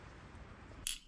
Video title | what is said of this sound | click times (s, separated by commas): Making a Royal 5C Collet Closer Adjusting Nut Assembly and a Spindle Collet Holder. Final Part 2 | and the pop you heard was snapping, shearing that Allen head | 0.9 s